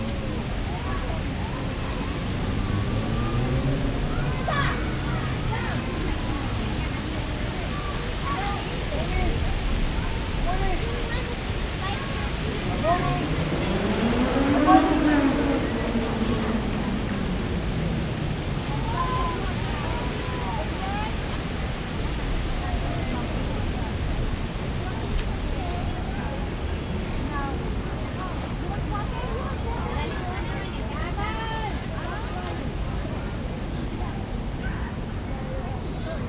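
Evening ambience in London: steady murmur of voices over a constant hum, with a vehicle passing around midway.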